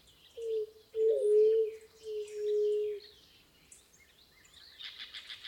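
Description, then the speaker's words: White-tipped Dove cooing: a low, steady, hollow tone, a short note followed by longer drawn-out coos, with faint chirps and twitters of other birds higher up. White-tipped doves in the lower Rio Grande Valley, Texas, in early March, giving low, resonant coos; the species ranges from South America northward to the valley. "Oh my, the low and resonant coos of white-tipped doves."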